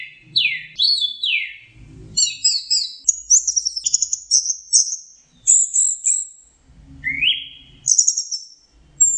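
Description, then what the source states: Orange-headed thrush song: swooping whistles, rattling trilled notes and rising slurs, with soft low thuds in the background. Masteran (training) song.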